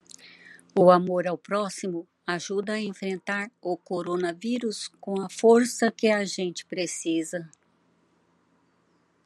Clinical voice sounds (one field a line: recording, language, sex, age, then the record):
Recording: spoken sentence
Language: Brazilian Portuguese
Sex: female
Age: 70 to 79 years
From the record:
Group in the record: control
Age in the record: 75 years